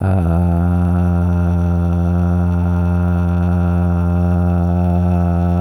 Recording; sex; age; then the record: sustained vowel /a/; male; 20 to 29 years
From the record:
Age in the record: 27 years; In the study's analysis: excluded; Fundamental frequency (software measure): 88 Hz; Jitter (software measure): 0.40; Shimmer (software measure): 0.85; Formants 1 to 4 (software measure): 732 Hz, 1391 Hz, 2614 Hz, 3482 Hz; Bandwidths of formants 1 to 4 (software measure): 179 Hz, 128 Hz, 216 Hz, 396 Hz